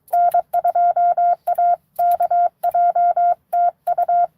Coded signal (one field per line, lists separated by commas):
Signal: Morse code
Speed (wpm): 23 wpm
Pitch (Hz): 700 Hz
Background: none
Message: N2AKJ TU